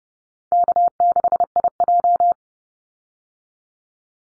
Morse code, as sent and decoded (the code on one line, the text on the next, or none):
-.- -.... .. .---
K6IJ